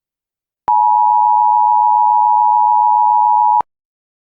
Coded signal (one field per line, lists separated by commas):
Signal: Emergency Alert System (SAME) tones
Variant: 853 and 960 Hz attention tone